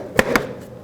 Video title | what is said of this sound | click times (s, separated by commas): How to Replace Heater Hoses 2001-2007 Volvo V70 | clicks into place put the air filter back | 0.2 s